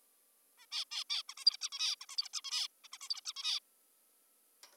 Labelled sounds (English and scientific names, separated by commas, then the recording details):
Zebra Finch (Taeniopygia guttata)
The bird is an adult
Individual g19o3U